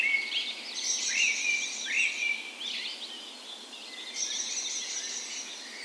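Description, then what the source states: Dawn chorus of birds, high trills and quick downward-sweeping whistles over a steady hiss of song. Wild birds, morning of 17 May, Norway's National Day, spring, park west in Bergen, Norway; recorded with Sony PCM A10 and LOM Usi microphones used as tree ears.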